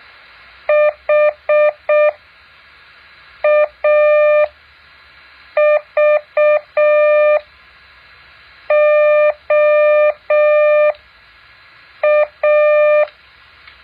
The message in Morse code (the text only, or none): HAVOA